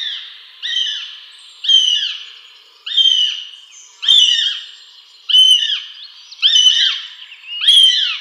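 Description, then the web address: Northern goshawk uttering loud, harsh, down-slurred wailing cries, repeated about every second, each with a strained, squealing quality. "Schulze Peter Goshawk"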